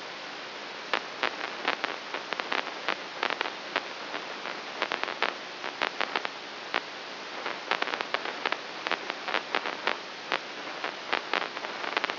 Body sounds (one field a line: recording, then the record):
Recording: brain microelectrode recording played as sound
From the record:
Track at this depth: inside the subthalamic nucleus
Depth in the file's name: 0.606 mm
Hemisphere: right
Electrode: 3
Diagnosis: Parkinson's disease